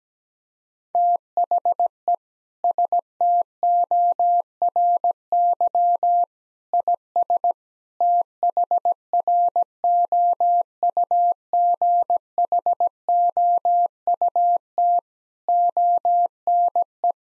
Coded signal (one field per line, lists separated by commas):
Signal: Morse code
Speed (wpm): 17 wpm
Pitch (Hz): 700 Hz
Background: none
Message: THE STORY IS THROUGHOUT ONE